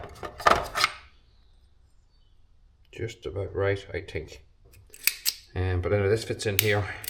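A drill guide is handled and fitted toward its holder on a branch logging machine, with sharp clattering knocks near the start and again around 5 seconds while someone talks. Nothing has seated or clicked into place yet.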